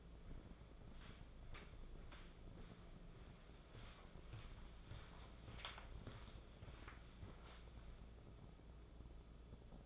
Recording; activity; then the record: daily activity, microphone in the room; walk to room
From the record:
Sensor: 5